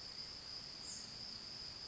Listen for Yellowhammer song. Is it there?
no